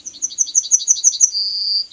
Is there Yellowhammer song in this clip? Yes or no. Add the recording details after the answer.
yes. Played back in forest. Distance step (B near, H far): B. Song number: 123